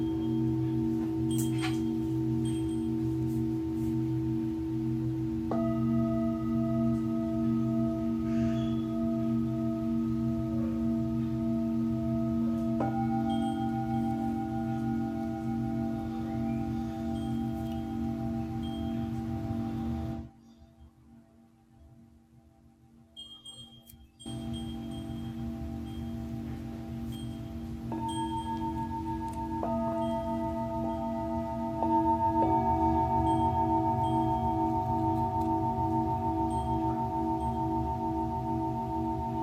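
Singing bowls ring in a steady, layered drone with a low hum underneath, new tones entering every few seconds and sustaining into long shimmering overlaps. Around twenty seconds the sound drops out almost completely for a few seconds, then the bowls resume and swell again.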